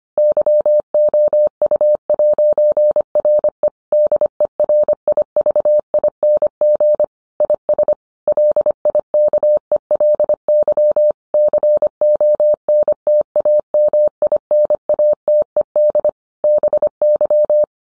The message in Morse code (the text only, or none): YOU'RE DERIVING IS LIKELY CONTAMINATED BY